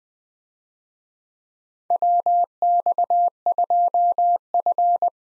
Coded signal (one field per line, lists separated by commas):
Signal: Morse code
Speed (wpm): 20 wpm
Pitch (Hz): 700 Hz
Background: none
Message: WX2F